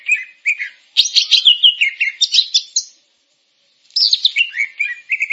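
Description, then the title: Grey-cheeked bulbul song, a rapid run of varied whistled and chattering notes jumping up and down, a short pause, then more slurred notes ending in repeated lower whistles. "Kicau Burung Cucak Jenggot"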